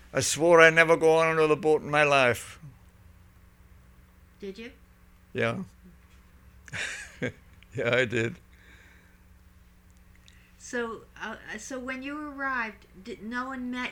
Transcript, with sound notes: I swore I'd never go on another boat in my life.
Did you?
Yeah. ( he laughs ) Yeah, I did.
So when you arrived no one met you.